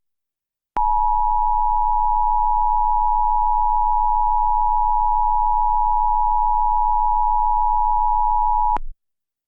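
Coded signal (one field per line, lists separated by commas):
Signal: Emergency Alert System (SAME) tones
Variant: 853 and 960 Hz attention tone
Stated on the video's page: Fictional EAS scenario using valid SAME tones.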